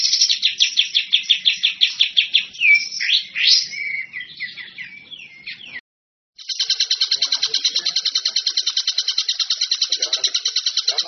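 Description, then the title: Bird song of quick chirps and sweeping whistled notes, a short silence, then a steady, fast, buzzy chirping trill. Masteran compilation of bird song, described as the most complete. "Masteran burung terlengkap"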